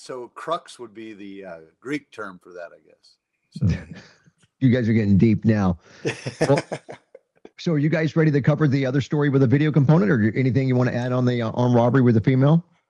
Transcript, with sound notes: So crux would be the, uh, Greek term for that, I guess. So-
(laughs) You guys are getting deep now. (laughs) Well, so are you guys ready to cover the other story with the video component, or anything you wanna add on the, uh, armed robbery with a female?